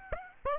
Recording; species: mosquito wingbeat signal from an infrared sensor; Aedes aegypti